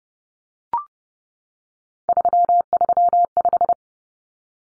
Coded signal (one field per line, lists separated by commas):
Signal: Morse code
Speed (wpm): 30 wpm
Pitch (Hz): 700 Hz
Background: none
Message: 335